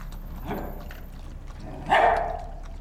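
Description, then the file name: Dog letting out two barks, a softer one followed by a louder, sharper bark about a second and a half later. Several dogs barking while eating and drinking water. "Perros ladrando, comiendo y tomando agua"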